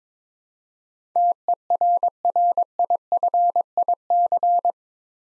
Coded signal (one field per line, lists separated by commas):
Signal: Morse code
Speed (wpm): 22 wpm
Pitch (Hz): 700 Hz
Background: none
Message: TERRIFIC